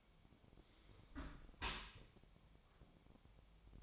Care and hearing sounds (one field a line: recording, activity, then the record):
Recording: daily activity, microphone in the room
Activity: close dishwasher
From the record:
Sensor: 1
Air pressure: 1006.8 hPa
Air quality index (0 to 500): 206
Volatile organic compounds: 23 ppm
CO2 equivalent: 2779 ppm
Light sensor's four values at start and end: 13/33/13/15 and 13/33/13/15